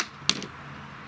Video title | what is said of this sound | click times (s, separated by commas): BMW Mini 2006 boot leak fix (again) Part 2 | and it literally if you go carefully it pops off you can see the little plastic clips there | 0.3 s